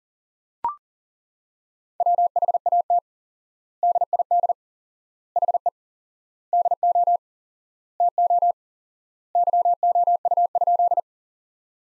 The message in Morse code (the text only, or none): WHAT DID HE DO TO YOU?